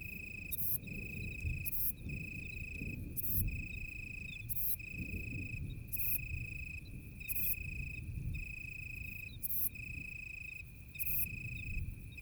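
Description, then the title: Italian tree cricket trilling in repeated phrases about a second long, with hissy insect chirps and a rumbling low background. Italian tree cricket singing in deep darkness on a moonless night during a thunderstorm with occasional lightning; Ephippiger vineyard bush-cricket and tinkling crickets audible in background. "naturophonie. Un grillon sous l'orage"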